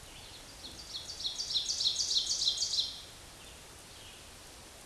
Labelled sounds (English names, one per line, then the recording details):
Ovenbird song
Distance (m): 25 m
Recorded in a Pennsylvania forest on 17 May 2023 at 14:02
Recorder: AudioMoth, point grid1_6_low
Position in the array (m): 209 m, 26 m